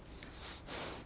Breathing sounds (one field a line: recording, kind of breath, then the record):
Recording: one breath in and out by a microphone near the nose and mouth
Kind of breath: strong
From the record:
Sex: male